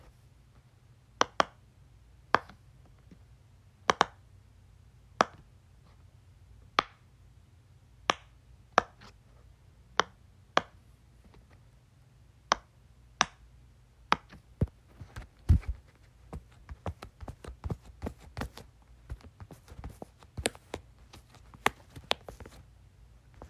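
Sharp pops from a Pop-It toy come about once a second, then quicken into a denser, quieter scatter after fifteen seconds, over a low hum.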